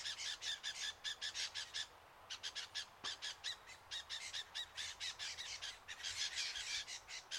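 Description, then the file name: Lewin's honeyeater giving harsh distress squawks in fast series, with a short gap near two seconds and a faint click midway. "BIRD LEWINS HONEY EATER DISTRESSED CALL"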